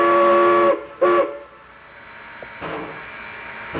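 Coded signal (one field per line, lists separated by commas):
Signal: train horn signal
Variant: steam locomotive whistle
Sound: a steam whistle blows one long blast, then one short blast, followed by steam hiss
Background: steam hiss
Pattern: 1 long, 1 short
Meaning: Warning that a train is approaching where vision may be obscured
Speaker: is the long and the short. Uh that's a warning signal blown at uh trestles, curves, bridges, any places where a vision might be obscured and is simply an indication to people that there is a train coming.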